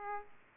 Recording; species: mosquito wingbeat signal from an infrared sensor; Aedes aegypti